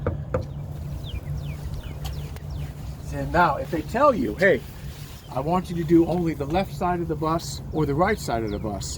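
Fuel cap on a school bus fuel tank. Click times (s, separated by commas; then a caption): 0.1 s, 0.3 s. Two sharp clicks at 0.1 and 0.3 seconds come from the fuel cap on a school bus fuel tank being turned during a pre-trip inspection to check that it clicks and is secure. The cap clicks tight, and then someone talks over a steady low hum.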